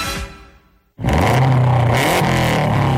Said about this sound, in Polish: Tak brzmi 280 koni mocy samochodu rajdowego Kajetana Kajetanowicza, dwukrotnego mistrza Europy.